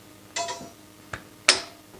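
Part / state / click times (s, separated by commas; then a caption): sofa bed folding frame mechanism at intermediate recline detent / partly seated / 1.5 s. A solid pine clic-clac sofa bed's folding frame mechanism is moved only to its first click, the intermediate recline detent, giving a reclined relax seat instead of the full bed position. A rattling creak at 0.4 s and a faint tick at 1.1 s lead to a loud, sharp click at 1.5 s as the frame locks into the relax position.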